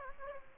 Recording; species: mosquito wingbeat signal from an infrared sensor; Aedes aegypti